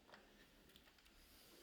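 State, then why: Seated. The slightly dusty, dirty ball-shaped part of a Kingsong S9 electric unicycle is moved back into the body after the pedal has been opened by pressing an internal tongue with a finger. Over a steady low hum, a brief tick is heard at 0.1 s, then a quiet, sharp click at 0.8 s as the part locks in place.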